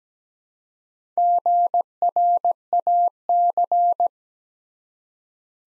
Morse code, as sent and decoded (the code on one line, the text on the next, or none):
--. .-. .- -.-.
GRAC